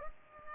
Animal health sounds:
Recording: mosquito wingbeat signal from an infrared sensor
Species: Culex pipiens

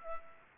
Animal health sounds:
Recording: mosquito wingbeat signal from an infrared sensor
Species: Aedes aegypti

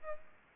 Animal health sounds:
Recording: mosquito wingbeat signal from an infrared sensor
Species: Aedes albopictus

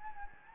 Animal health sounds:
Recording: mosquito wingbeat signal from an infrared sensor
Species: Anopheles gambiae

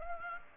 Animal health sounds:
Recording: mosquito wingbeat signal from an infrared sensor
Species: Aedes aegypti

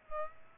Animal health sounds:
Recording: mosquito wingbeat signal from an infrared sensor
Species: Aedes aegypti

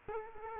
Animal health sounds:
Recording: mosquito wingbeat signal from an infrared sensor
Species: Culex quinquefasciatus

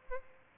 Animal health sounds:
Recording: mosquito wingbeat signal from an infrared sensor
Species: Aedes albopictus

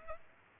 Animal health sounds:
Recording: mosquito wingbeat signal from an infrared sensor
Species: Culex pipiens

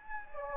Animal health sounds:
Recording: mosquito wingbeat signal from an infrared sensor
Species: Anopheles gambiae

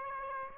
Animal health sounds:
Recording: mosquito wingbeat signal from an infrared sensor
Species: Aedes aegypti

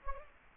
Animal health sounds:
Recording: mosquito wingbeat signal from an infrared sensor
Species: Anopheles gambiae

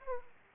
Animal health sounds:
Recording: mosquito wingbeat signal from an infrared sensor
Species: Aedes aegypti

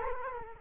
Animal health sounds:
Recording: mosquito wingbeat signal from an infrared sensor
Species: Culex quinquefasciatus

